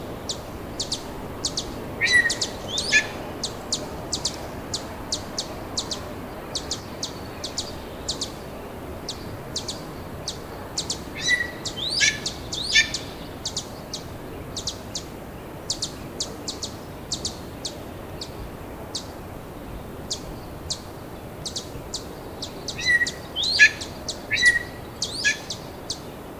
Steller's Jay song recorded at the Alluvial Fan in Rocky Mountain National Park.